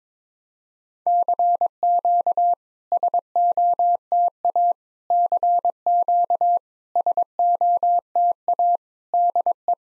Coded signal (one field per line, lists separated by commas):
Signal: Morse code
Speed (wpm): 22 wpm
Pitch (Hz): 700 Hz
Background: none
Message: CQ SOTA CQ SOTA DE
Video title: SOTA QSO Practice 22wpm